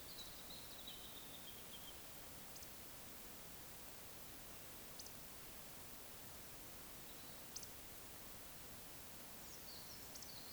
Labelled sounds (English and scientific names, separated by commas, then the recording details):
Eurasian Woodcock (Scolopax rusticola) whistle
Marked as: whistle, whistle, whistle, whistle, whistle
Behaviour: display flight
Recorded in Baden-Württemberg, Germany, on 20 May 2021 at 19:44 UTC
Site 24606, 635 m above sea level